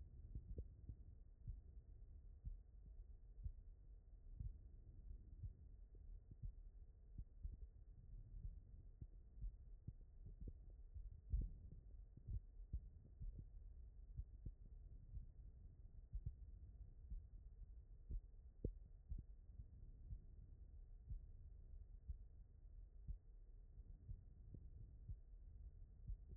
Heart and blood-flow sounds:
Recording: heart sounds by stethoscope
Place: aortic valve (AV)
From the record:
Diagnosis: non-HFrEF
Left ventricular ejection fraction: 60%

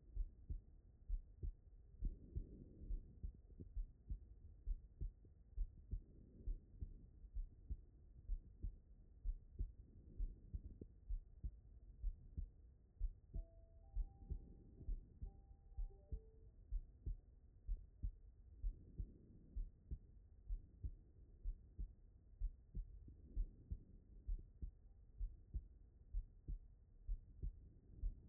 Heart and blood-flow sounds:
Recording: heart sounds by stethoscope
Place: pulmonary valve (PV)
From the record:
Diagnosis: non-HFrEF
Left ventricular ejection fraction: 58%

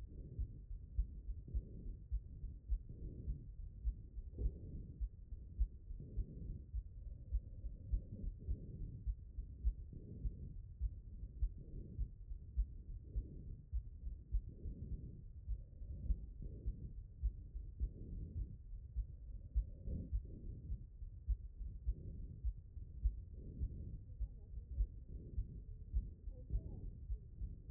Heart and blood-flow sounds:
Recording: heart sounds by stethoscope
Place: aortic valve (AV)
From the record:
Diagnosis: HFrEF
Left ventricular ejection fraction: 28%

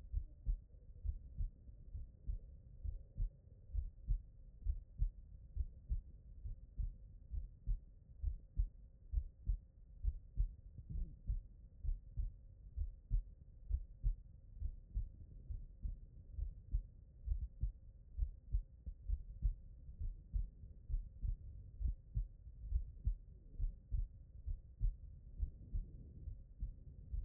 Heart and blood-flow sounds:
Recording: heart sounds by stethoscope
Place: pulmonary valve (PV)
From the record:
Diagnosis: non-HFrEF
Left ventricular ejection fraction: 43%

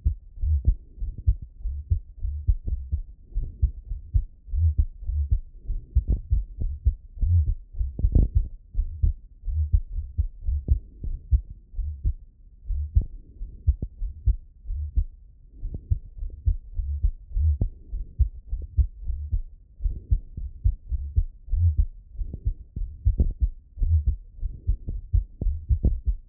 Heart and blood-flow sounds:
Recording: heart sounds by stethoscope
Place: pulmonary valve (PV)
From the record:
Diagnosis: non-HFrEF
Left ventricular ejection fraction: 49%

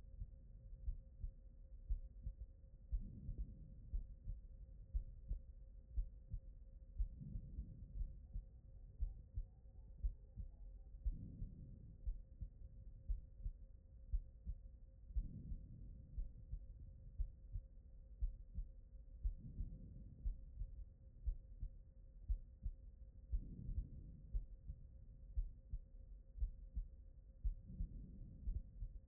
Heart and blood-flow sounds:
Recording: heart sounds by stethoscope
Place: pulmonary valve (PV)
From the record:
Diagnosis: non-HFrEF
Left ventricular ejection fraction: 46%

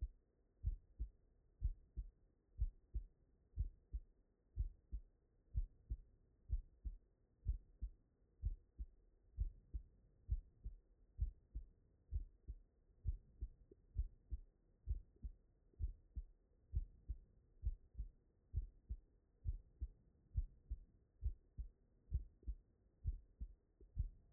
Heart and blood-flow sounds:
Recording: heart sounds by stethoscope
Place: tricuspid valve (TV)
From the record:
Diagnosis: non-HFrEF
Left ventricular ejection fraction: 58%

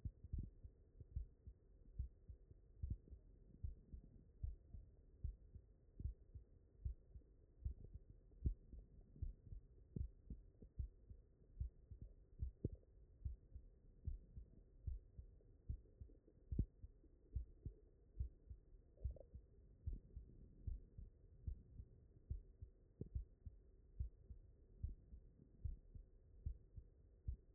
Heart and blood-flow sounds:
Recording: heart sounds by stethoscope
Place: mitral valve (MV)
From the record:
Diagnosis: non-HFrEF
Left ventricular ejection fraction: 69%

